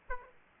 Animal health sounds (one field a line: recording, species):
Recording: mosquito wingbeat signal from an infrared sensor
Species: Aedes aegypti